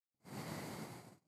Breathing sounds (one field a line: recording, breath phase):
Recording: one breath near a microphone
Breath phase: exhalation